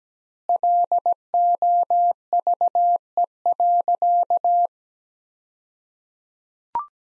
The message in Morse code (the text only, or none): LOVE.